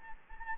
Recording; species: mosquito wingbeat signal from an infrared sensor; Anopheles gambiae